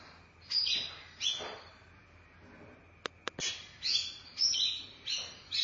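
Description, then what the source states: Oriental magpie-robin singing raspy whistled phrases; a pause holds several sharp clicks, then the song picks up again with denser notes. Chirping song (kicauan) of the bird.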